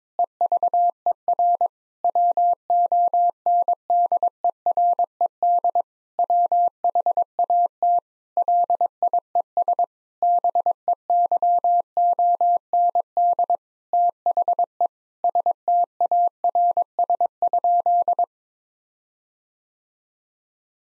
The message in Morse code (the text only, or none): EVER WONDERED WHAT LIES BEYOND THE STARS?